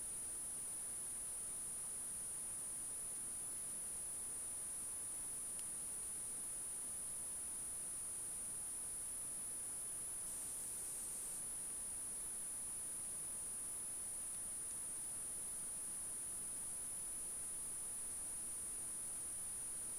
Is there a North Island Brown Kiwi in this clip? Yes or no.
no